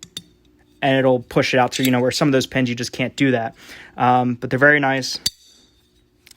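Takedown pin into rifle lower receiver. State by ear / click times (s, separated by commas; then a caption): seated / 6.3 s. A takedown pin on an aluminium AR lower receiver is pushed back in and snaps into its detent with a single short tick at 6.3 s. Before that, someone talks, and a couple of sharp ticks are heard near the start.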